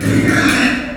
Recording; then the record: squeal of a Yucatan mini pig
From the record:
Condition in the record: after surgery on the right vocal fold (resection and tissue-engineered implant); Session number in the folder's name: 4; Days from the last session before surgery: 26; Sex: female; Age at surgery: 19 weeks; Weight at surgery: 25 kg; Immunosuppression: prednisolone